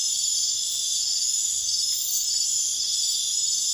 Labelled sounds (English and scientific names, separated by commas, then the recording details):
none
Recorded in pastures near Puerto Asís, Putumayo, Colombia, on 29 June 2025 at 23:00
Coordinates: 0.502, -76.324
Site G010